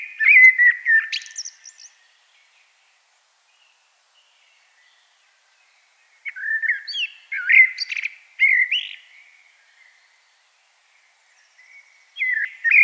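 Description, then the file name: Common blackbird singing mellow whistled phrases that trail into high, scratchy twitters, separated by long pauses, with a new phrase starting at the end. "Turdus merula"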